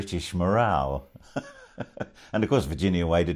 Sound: laughs